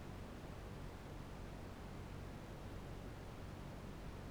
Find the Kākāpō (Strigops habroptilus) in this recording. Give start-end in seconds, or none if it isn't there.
none